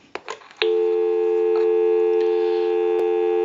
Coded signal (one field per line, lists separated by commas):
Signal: telephone call progress tone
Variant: North America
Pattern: dial tone